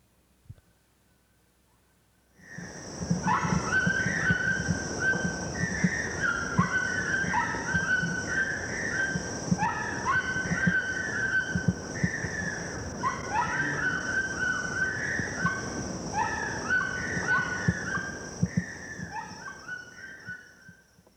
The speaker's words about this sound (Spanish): Los tucanes, con sus grandes picos y su fuerte voz.